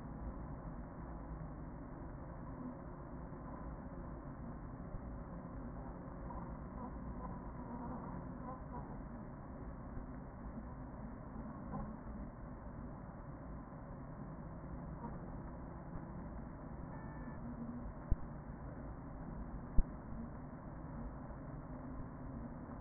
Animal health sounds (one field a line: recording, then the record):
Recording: honeybee colony, microphone inside the hive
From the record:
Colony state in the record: queen present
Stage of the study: after two queens were removed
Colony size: about 40,000 bees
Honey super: no